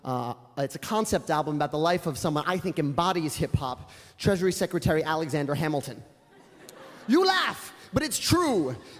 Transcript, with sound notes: It's a concept album about the life of someone I think embodies hip-hop, Treasury Secretary Alexander Hamilton.
(LAUGHTER)
You laugh. But it's true.